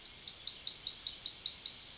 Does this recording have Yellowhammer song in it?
yes